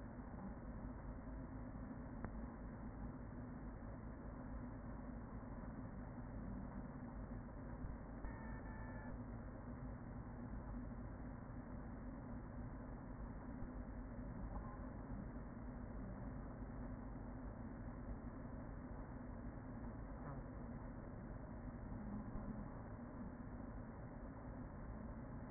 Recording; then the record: honeybee colony, microphone inside the hive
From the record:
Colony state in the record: queen present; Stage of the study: after two queens were removed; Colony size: about 40,000 bees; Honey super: no